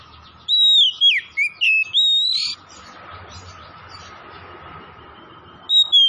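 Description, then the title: Oriental magpie-robin giving a burst of rich whistled notes that rise and fall, then a long hush with only a low hum before another phrase starts. Tretes, singing vigorously (gacor). "Kacer Tretes"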